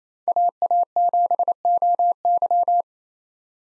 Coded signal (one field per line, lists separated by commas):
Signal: Morse code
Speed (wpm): 27 wpm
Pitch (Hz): 700 Hz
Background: none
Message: AA7OY